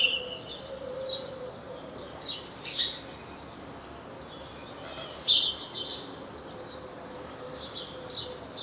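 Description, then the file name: House sparrow chirping, irregular and partly overlapping, a couple of louder chirps standing out from softer ones, with a steady hum and noisy background. "Passer domesticus"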